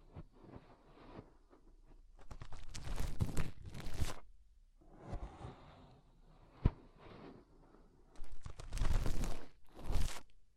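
Fingers rub and scrape inside an ear in uneven bursts of rustling, loudest around four and nine seconds, with a sharp click near seven.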